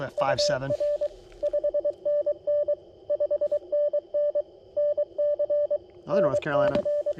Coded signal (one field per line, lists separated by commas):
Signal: Morse code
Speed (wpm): 23 wpm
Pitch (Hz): 590 Hz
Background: speech, radio noise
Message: UR 5NN 5NN NC NC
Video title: People Suck! CW POTA at US-5221